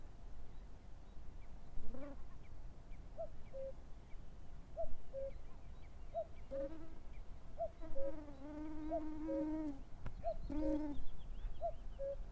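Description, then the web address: Common cuckoo calling a falling two-note cu-coo about seven times at even intervals, with other harmonic, tonal sounds mixed in. "chant xeno-canto coucou gris"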